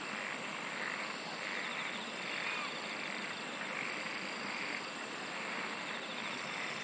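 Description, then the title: Insect song as a steady high drone, with a rapid ticking trill starting midway and lasting about two seconds, over a constant hiss. "SINGING OF INSECTS"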